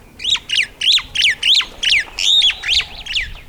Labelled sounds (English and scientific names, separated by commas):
Superb Starling (Lamprotornis superbus) flight call